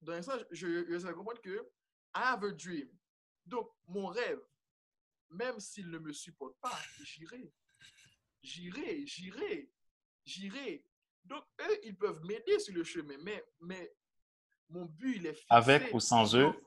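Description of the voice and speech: Adult man speaking French with whole-word repetitions ("je, je, je", "mais, mais") and pauses: mild stuttering.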